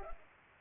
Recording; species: mosquito wingbeat signal from an infrared sensor; Culex pipiens